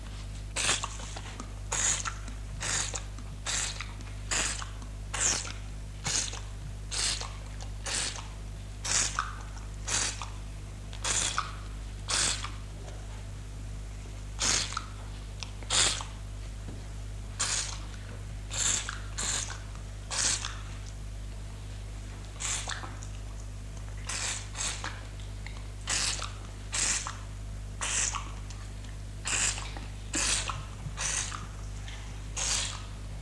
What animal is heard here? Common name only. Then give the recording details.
Chimpanzee. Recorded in captivity. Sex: female. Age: adult. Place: Tierpark Berlin, Berlin, DE. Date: 1958-03-20. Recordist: unbekannt, keine Angabe. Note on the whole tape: "Susi" (ca. 10 Jahre alt): Schmatzen